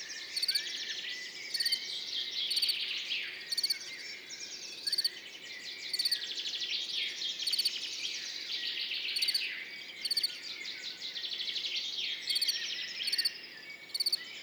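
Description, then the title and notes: Field cricket giving pulsed chirps about once a second, set against a rich chorus of waking birds. Field cricket singing continuously among orchids, Montagne du Puy, 10 June 2019, morning after a mild night; birds waking and insects warming in background; stereo recording, Nagra Seven with MKH40 microphone. "Montagne du Puy. le grillon champêtre"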